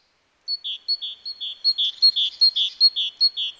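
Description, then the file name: Great tit song, a crisp high note followed by a lower one, repeated evenly and rapidly. "Parus major"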